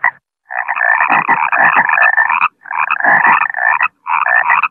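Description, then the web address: Frog giving long grating croak trills, one lasting nearly two seconds, then shorter rattling bursts with brief pauses between them. "animaux frog-cricket"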